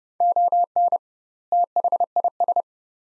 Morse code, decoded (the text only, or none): ON THIS